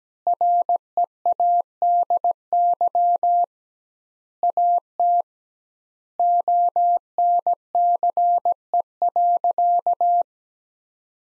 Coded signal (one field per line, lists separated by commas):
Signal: Morse code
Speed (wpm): 17 wpm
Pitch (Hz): 700 Hz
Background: none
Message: READY AT ONCE.